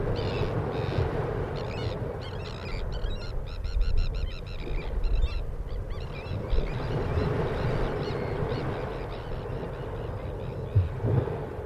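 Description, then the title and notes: Sandwich terns giving harsh, grating, repeated calls in quick overlapping bursts over a steady roar of breaking surf. Sandwich terns calling over waves breaking on a shingle beach. "Just Sandwich terns calling over the waves falling on the shingle beach."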